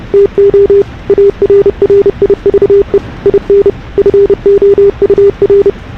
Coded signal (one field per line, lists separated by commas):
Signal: Morse code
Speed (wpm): 30 wpm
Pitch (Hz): 410 Hz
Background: none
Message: TO ARRIVE IN FOUR